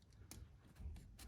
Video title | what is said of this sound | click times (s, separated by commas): IE TrueFlex Ethanol Sensor Harness Install - VW/Audi MQB | Slide it all the way down, snaps in place. | 0.3 s